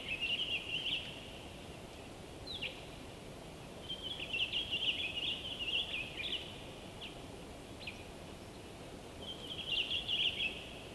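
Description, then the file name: Bird song in high twittering bursts of a second or two, separated by short chirps and pauses, over a steady low background hiss. Winter forest by day, frozen wood, North Laurentian Woods, Canada. "WINTER Forest day blissful bird song resonating through the frozen wood North Laurentian Woods Canada LOOPLR"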